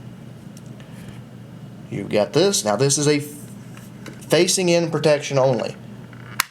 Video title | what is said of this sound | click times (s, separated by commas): Samsung Galaxy Mega 6.3 Accessories Ballistic SG Maxx Case Zagg Screen Protector Review explode | snaps right in place now both sides are protected | 6.4 s